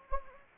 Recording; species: mosquito wingbeat signal from an infrared sensor; Anopheles gambiae